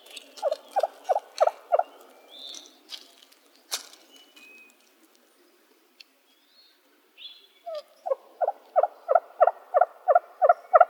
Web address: Upland Gamebirds AZFO W TURKEY deviche 051707